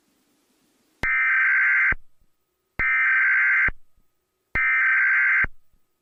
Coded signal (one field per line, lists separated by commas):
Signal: Emergency Alert System (SAME) tones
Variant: header bursts